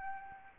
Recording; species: mosquito wingbeat signal from an infrared sensor; Aedes albopictus